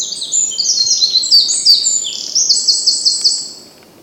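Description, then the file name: Eurasian wren song: piercing high notes pour out quickly for over three seconds, including a rhythmic trill near the end, then fading. "Troglodytes troglodytes"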